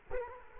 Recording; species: mosquito wingbeat signal from an infrared sensor; Culex quinquefasciatus